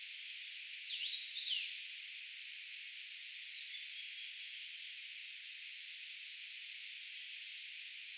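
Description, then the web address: Eurasian treecreeper calls: high, thin, slightly falling notes repeated about once a second, after a short, lower, sweeping chirp near the start. Calls of a brood of young treecreepers, recorded 4 June 2025; the recordist gives the identification as tentative. "paivat 4 6 2025 tietaakseni puukiipijapesueen aantelya"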